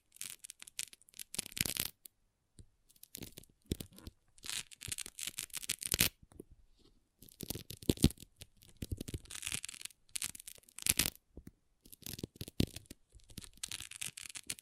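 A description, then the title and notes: Small plastic pixel art beads rattle and click in quick, irregular bursts, some crisp and bright, others soft rustling scrapes. Busy flurries alternate with brief near-silent pauses, around the two, six to seven and twelve second marks, throughout the fifteen seconds. ASMR Relaxing Pixel Art Beads ( No Talking).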